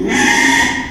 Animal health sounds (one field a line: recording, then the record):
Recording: squeal of a Yucatan mini pig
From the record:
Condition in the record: after surgery on the right vocal fold (resection and tissue-engineered implant)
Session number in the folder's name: 4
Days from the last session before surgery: 42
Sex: male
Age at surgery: 12 weeks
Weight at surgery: 13 kg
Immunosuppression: cyclosporine, prednisolone